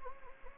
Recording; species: mosquito wingbeat signal from an infrared sensor; Anopheles gambiae